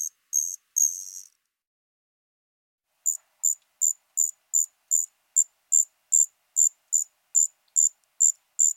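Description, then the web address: Striped ground cricket singing: a few longer high buzzy trills, a silent gap, then a steady series of short high pulses about every two-fifths of a second. "Crickets and Katydids. Striped Ground Cricket, Allonemobius fasciatus"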